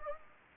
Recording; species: mosquito wingbeat signal from an infrared sensor; Anopheles gambiae